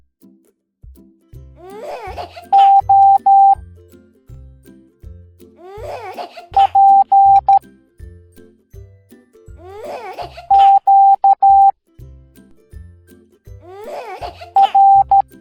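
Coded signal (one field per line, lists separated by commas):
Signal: Morse code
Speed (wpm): 13 wpm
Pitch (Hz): 790 Hz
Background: music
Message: O P Q R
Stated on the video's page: Morse code alphabet lesson in a children's cartoon.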